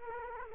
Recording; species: mosquito wingbeat signal from an infrared sensor; Culex quinquefasciatus